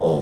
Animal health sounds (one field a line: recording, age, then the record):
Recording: pig call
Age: piglet (1 to 25 days)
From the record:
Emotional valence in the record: negative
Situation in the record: crushing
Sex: female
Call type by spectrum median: low-frequency call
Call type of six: low-frequency stable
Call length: 0.22 s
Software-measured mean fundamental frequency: 62 Hz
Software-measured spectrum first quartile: 258 Hz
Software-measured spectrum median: 440 Hz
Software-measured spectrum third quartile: 558 Hz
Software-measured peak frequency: 497 Hz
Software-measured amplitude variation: 79 dB a second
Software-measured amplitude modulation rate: 33.8 a second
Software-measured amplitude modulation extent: 2.3 dB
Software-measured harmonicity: 1.4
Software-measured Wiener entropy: -0.85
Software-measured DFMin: 1584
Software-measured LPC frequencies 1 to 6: 484, 3409, 5243, 5774, 6567, 7887 Hz